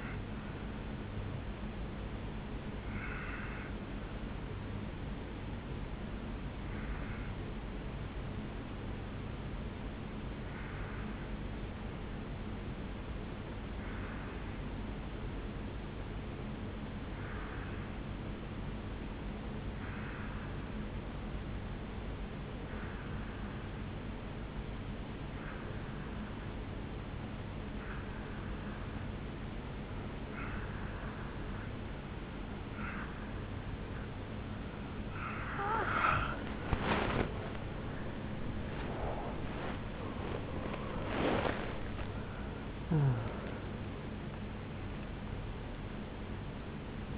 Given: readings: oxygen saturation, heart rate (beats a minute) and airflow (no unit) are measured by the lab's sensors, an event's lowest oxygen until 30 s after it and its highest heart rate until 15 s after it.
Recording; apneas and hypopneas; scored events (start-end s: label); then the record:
breathing in sleep by a voice recorder at the bedside; 1
8.00-35.00 s: obstructive apnea (N2, oxygen 95% highest, then 87% lowest, heart rate 58 at the start, 80 highest)
29.00-47.18 s: new sleep stage, N1 (lightest sleep)
From the record:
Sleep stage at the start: N2 (light sleep); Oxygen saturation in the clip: 87 to 95%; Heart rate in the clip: 57 to 80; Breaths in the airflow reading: 2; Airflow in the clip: -9.9 to 13.1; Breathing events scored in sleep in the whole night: 449 in 7.0 hours asleep